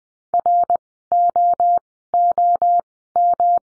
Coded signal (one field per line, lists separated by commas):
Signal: Morse code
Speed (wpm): 20 wpm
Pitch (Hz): 700 Hz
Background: none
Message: ROOM